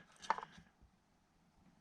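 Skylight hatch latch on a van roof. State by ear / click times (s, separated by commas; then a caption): seated / 0.3 s. From inside a van, a skylight hatch latch on the roof is swung over so it catches and locks the hatch shut, so it can't be opened from the outside. A sharp click at 0.3 s is followed by two fainter clicks around 0.4 s, then near-silence. The latch locks in place.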